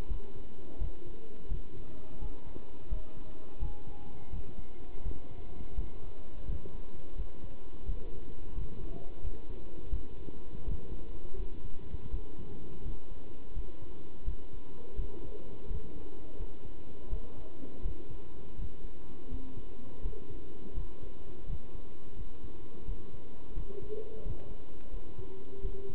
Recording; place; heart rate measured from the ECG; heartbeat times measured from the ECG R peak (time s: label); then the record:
heart sounds by stethoscope; between the tricuspid and mitral areas; 85 bpm
0.09 s: heartbeat
0.79 s: heartbeat
1.49 s: heartbeat
2.20 s: heartbeat
2.90 s: heartbeat
3.60 s: heartbeat
4.31 s: heartbeat
5.04 s: heartbeat
5.76 s: heartbeat
6.47 s: heartbeat
7.17 s: heartbeat
7.87 s: heartbeat
8.56 s: heartbeat
9.22 s: heartbeat
9.91 s: heartbeat
10.66 s: heartbeat
11.37 s: heartbeat
12.12 s: heartbeat
12.84 s: heartbeat
13.55 s: heartbeat
14.26 s: heartbeat
14.97 s: heartbeat
15.69 s: heartbeat
16.38 s: heartbeat
17.10 s: heartbeat
17.83 s: heartbeat
18.57 s: heartbeat
19.30 s: heartbeat
20.03 s: heartbeat
20.75 s: heartbeat
21.47 s: heartbeat
22.16 s: heartbeat
22.86 s: heartbeat
23.55 s: heartbeat
24.24 s: heartbeat
24.91 s: heartbeat
25.62 s: heartbeat
From the record:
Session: pedaling a stationary bicycle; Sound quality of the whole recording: good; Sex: male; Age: 27 years